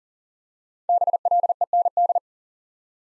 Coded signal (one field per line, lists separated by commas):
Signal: Morse code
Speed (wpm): 38 wpm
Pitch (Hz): 700 Hz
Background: none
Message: BLEND